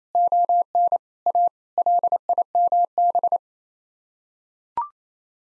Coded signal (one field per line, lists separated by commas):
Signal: Morse code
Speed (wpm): 28 wpm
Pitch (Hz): 700 Hz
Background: none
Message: ON A LIMB